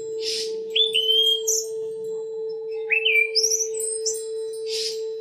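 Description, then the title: Oriental magpie-robin singing two or three bright whistled phrases, some sliding upward, separated by quiet gaps, with a constant low hum and soft hiss bursts. "Kicau Kacer"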